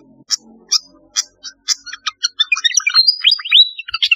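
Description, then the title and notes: Flycatcher song: a few sharp high chips spaced about half a second apart, then quickening into a rich run of twittering, sliding and downslurred whistled notes. Song (kicau). "Kicau Burung Sikatan"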